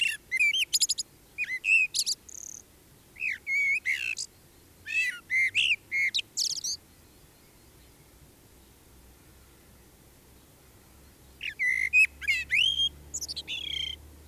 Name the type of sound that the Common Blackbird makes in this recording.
song